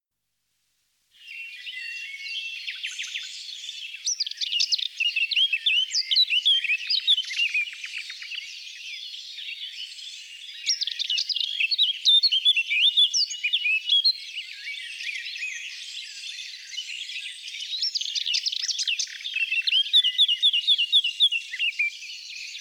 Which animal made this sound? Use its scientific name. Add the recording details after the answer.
Sylvia atricapilla. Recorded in the wild. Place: Merdingen bis Ihringen / Kaiserstuhl, Baden-Württemberg, DE. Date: 1979-06-04. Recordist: Schwarz, Dieter